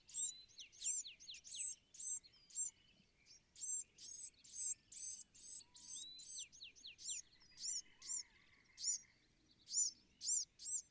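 Bewick's Wren: high, thin song phrases with short descending slurs, repeated steadily over faint low background noise.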